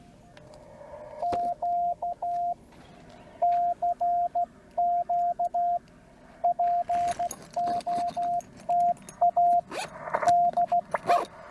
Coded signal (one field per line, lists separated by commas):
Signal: Morse code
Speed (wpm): 16 wpm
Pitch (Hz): 700 Hz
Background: radio noise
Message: Q CQ POTA DE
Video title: CW POTA at Land Between the Lakes. CW Copy Practice with subtitles. Follow Along!